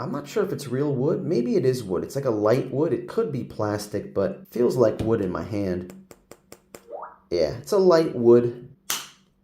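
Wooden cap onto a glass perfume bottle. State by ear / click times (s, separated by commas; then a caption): seated / 8.9 s. Someone talks while fitting the light wood-like cap, possibly plastic, back onto the glass cube bottle of Encre Noire Sport perfume. A few faint ticks come around 6.1 to 6.8 seconds, then a sharp snap at 8.9 seconds as the cap seats into place.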